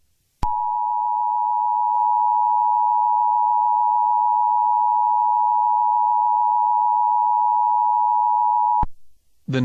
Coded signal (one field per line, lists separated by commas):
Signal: Emergency Alert System (SAME) tones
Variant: 853 and 960 Hz attention tone